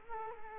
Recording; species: mosquito wingbeat signal from an infrared sensor; Culex quinquefasciatus